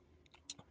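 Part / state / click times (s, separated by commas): leg lock clip into beard display shelf / seated / 0.5 s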